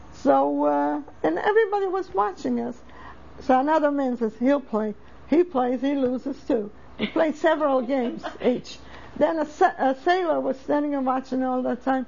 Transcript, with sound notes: So, and everybody was watching us. So another man says he'll play. He plays, he loses, too. (laughs) They played several games each. Then a sailor was standing and watching all that time.